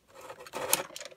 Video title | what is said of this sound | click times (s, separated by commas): Let’s Make A Bird Table! | that click that's at you're at 45 now now | 0.7 s